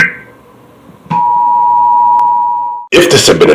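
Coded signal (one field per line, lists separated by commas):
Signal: Emergency Alert System (SAME) tones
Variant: 853 and 960 Hz attention tone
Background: speech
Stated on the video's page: Emergency Alert System recreation with voiceover actor.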